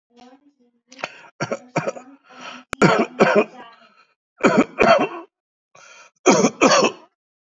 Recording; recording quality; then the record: shallow voluntary cough; excellent, no background noise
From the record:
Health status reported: healthy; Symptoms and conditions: cough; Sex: male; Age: 52 years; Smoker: not ticked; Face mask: not worn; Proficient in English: yes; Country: India